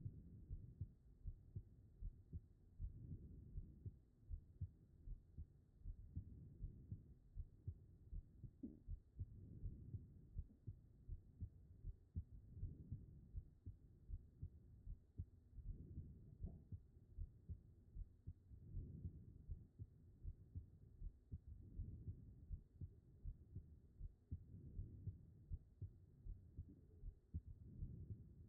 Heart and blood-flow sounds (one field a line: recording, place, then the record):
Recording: heart sounds by stethoscope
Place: aortic valve (AV)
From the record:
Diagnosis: non-HFrEF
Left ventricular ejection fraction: 67%